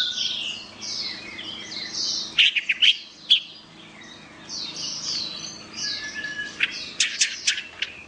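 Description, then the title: Orange-headed thrush with soft, high continuous warbling broken by several sharp clicking accents, then more twittering phrases and crisp ticks. "Anis Merah"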